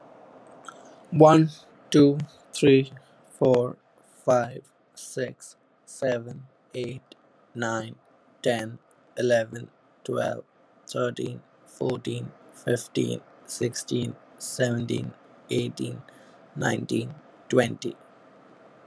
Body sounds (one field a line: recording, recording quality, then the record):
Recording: counting at a normal pace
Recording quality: excellent, no background noise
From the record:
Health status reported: healthy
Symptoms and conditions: none ticked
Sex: male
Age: 28 years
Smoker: not ticked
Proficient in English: yes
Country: United States